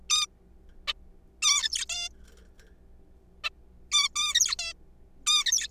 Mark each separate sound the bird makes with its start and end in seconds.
0.10-0.26, 0.88-0.93, 1.42-1.86, 1.90-2.09, 3.44-3.50, 3.92-4.08, 4.16-4.55, 4.59-4.74, 5.27-5.67